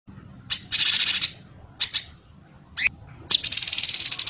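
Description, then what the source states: Bird song in harsh, buzzy bursts separated by short gaps, one quick rising note, then a rapid rattling trill, over a low background hum. Used for training songbirds (masteran).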